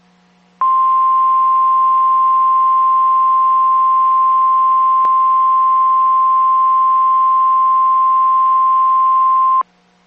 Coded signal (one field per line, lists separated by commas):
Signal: Emergency Alert System (SAME) tones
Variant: 1050 Hz attention tone